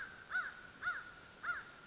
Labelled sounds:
American Crow
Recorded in Sonoma County, California

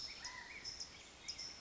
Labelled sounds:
California Quail
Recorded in Sonoma County, California

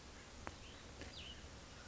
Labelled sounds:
Cassin's Vireo
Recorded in Sonoma County, California

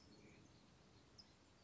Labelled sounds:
California Towhee
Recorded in Sonoma County, California

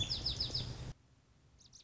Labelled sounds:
Lazuli Bunting
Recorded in Sonoma County, California

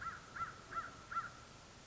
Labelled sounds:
American Crow
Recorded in Sonoma County, California

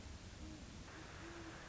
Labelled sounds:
Great Horned Owl
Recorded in Sonoma County, California

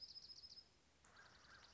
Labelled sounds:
Dark-eyed Junco
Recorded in Sonoma County, California

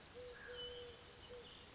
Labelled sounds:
Eurasian Collared Dove
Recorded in Sonoma County, California

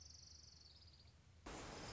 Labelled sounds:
Orange-crowned Warbler
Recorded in Sonoma County, California

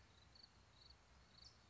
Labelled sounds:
California Towhee
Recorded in Sonoma County, California

